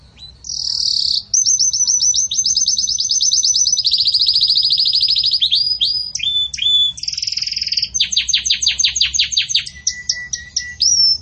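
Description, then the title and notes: Belgian canary delivering long continuous rolling trills that step between pitches, later broken into falling notes and quick repeated chips. Pure "campainha" song style delivered with pauses, for training. "Canto Canário Belga Campainha Puro Com Pausa Para Treinamento. CANARIO BELGA"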